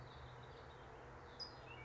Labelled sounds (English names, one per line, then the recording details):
California Towhee
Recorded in Sonoma County, California